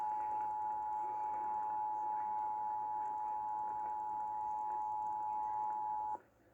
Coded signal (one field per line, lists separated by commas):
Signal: Emergency Alert System (SAME) tones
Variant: 853 and 960 Hz attention tone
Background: speech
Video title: August Has Arrived | EAS Tests From 8/3/2021 (EAS #827-836)